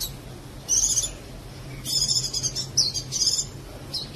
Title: kicau gelatik